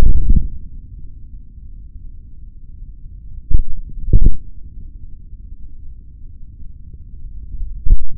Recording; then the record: forearm muscle sounds (acoustic myography)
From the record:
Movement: hand opening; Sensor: system 3, bracelet of six PUI Audio POM-2738L microphones around the upper forearm, with dedicated amplification and filtering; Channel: 1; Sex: male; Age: 26 years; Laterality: right